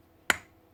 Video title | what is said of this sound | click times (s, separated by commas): How to strip service and rebuild a bosch GSH 5 E, hammer thats loosing hammer power or has no hammer | till you hear that click. That's it dropping onto the original thread. | 0.3 s